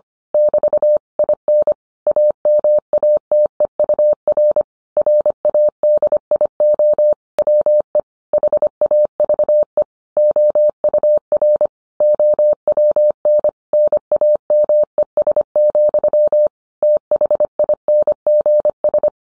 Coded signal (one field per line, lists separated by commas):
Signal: Morse code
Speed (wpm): 25 wpm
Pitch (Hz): 600 Hz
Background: none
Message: <BT> IN AMATEUR RADIO WE HAVE OUR OWN NAMES, THINGS